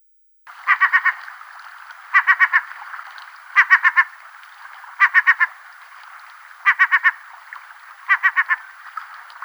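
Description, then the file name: Herring gull repeating harsh, clipped notes in bursts of three or four, a burst roughly every one and a half seconds, steady and insistent. "CHajka serebristaja"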